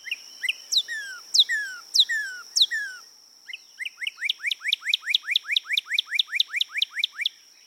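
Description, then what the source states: Northern cardinal song: several clear, down-slurred whistles, then after a brief pause a fast, even series of upswept whistled notes. Familiar bird of the central and eastern states; its pure whistle is produced in the left and right bronchial tubes simultaneously.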